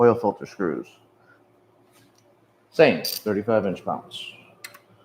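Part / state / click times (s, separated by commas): click-type torque wrench on transmission oil filter screw / torque reached / 4.6 s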